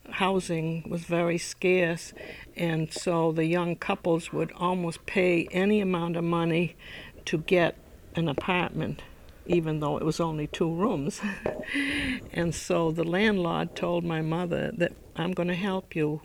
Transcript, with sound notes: Housing was very scarce and so the young couples would almost pay any amount of money to get an apartment, even though it was only two rooms. (she laughs) And so the landlord told my mother that "I'm going to help you.